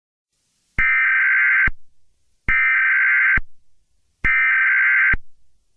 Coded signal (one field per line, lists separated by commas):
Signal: Emergency Alert System (SAME) tones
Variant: header bursts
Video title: EAS Scenario #6: Great Terror Attack of London.